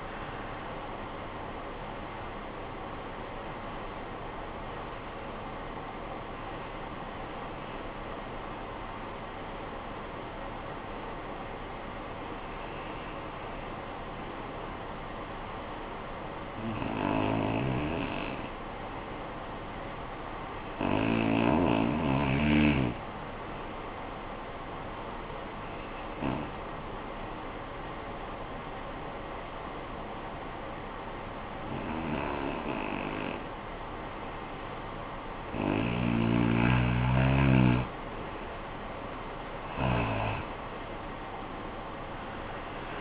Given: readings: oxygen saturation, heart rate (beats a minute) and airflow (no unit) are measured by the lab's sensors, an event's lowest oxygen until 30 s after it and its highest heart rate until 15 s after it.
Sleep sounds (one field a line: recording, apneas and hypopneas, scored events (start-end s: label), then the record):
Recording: breathing in sleep by a voice recorder at the bedside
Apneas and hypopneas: 1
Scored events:
9.00-35.70 s: hypopnea (REM, oxygen 95% highest, then 86% lowest, heart rate 46 at the start, 71 highest)
From the record:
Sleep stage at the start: REM sleep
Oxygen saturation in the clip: 73 to 95%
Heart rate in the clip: 46 to 63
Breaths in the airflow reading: 10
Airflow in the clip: -15.7 to 15.6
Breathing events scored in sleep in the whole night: 445 in 7.6 hours asleep